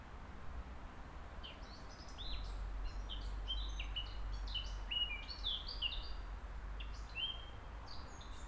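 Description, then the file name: Birds singing, many high, quick chirps and short sliding whistles over a low background rumble. Birds recorded in a botanical garden in Gijón. "JARDIN BOTANICO GIJON PAJAROS Santiago Abadia"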